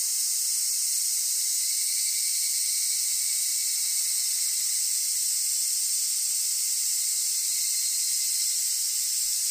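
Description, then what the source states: Large brown cicada sizzling song, continuous and even, a harsh high-pitched frying-oil hiss with no pauses throughout. Cicada whose 'jijijiji' sizzle resembles frying food, the origin of its name; lives throughout Japan; sings at the same time as the minminzemi.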